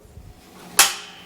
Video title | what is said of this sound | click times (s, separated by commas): Franklin Hands Free Portable Workstation (Jawhorse) 64827 | you hear the click | 0.8 s